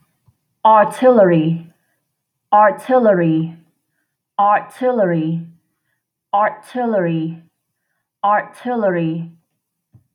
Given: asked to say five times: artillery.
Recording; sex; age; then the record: repeated word; female; 20 to 29 years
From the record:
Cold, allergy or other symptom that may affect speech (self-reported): no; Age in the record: 26 years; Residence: Illinois, United States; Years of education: 18